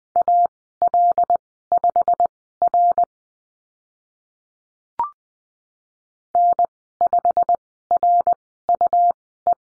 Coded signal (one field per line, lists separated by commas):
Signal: Morse code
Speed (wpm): 20 wpm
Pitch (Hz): 700 Hz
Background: none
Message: AL5R N5RUE